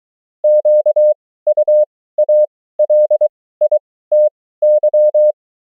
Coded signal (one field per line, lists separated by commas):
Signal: Morse code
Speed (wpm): 23 wpm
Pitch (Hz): 600 Hz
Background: none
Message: QUALITY